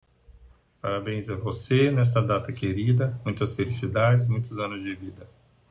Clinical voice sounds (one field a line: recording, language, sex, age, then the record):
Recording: short text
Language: Brazilian Portuguese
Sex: male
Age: 40 to 49 years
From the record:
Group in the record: control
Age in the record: 42 years